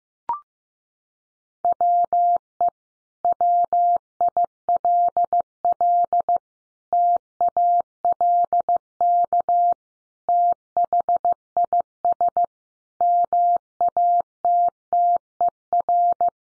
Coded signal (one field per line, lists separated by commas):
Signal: Morse code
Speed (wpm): 15 wpm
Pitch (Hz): 700 Hz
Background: none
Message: WE WILL TALK THIS MATTER